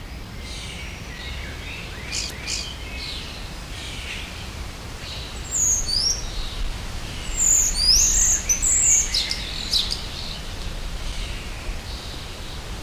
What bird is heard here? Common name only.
European Starling